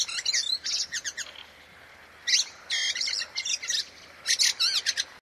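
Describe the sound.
Bird giving high, sharp chirps and warbled notes in short rapid groups with brief gaps between bursts, light steady hiss underneath.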